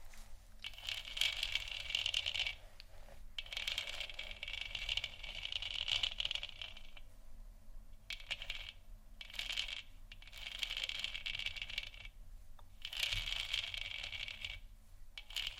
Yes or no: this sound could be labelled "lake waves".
no